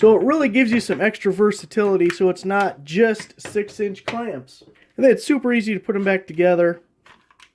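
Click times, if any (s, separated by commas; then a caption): none. Someone talks about a bar clamp as it is handled to put the bar back into the clamp head, with a few faint, brief ticks near the end around 7.1 to 7.4 seconds. The clip ends before the bar goes home, and nothing has seated or clicked yet.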